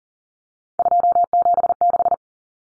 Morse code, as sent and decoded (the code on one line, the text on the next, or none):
..--- --... -....
276